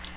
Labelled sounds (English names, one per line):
Cape May Warbler flight call